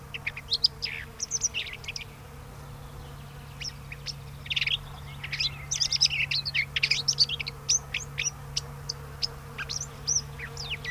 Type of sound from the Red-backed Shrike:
song